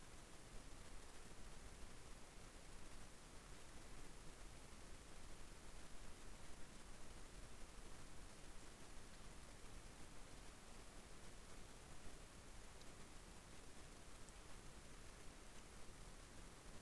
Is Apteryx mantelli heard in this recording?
no